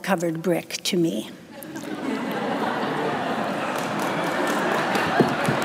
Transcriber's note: laughter and applause